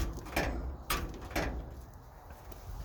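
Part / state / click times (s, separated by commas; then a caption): trunk lid latch closing onto the body striker with new weatherstrip / not seated / none. A Corvair's front trunk lid is pushed down three times onto newly fitted, thick rubber weatherstripping, giving dull thumps at about 0.4, 0.9 and 1.4 s. The seal stops the lid from going down far enough, so it rests only on the safety catch and the latch has not caught or clicked.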